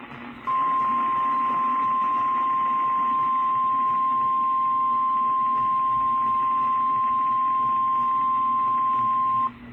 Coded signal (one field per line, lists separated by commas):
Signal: Emergency Alert System (SAME) tones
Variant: 1050 Hz attention tone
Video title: EAS#113 Severe Thunderstorm Warning on WXJ73 (09/18/2022).